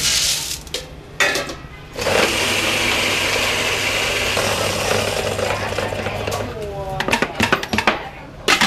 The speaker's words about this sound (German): So klingt Erfolg. Chung Nguyen's Coffeeshop in der Rue Pasteur in Saigons Altstadt ist wieder rappelvoll. Wenn die Kaffeemühle rührt, klingelt die Kasse.